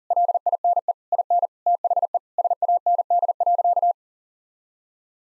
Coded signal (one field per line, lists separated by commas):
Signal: Morse code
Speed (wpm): 40 wpm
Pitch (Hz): 700 Hz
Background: none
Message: LINE IN THE SAND.